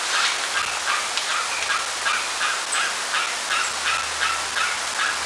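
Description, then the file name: Bird calls: short harsh notes repeated about three times a second in a steady run over a constant hiss. "SABIOD"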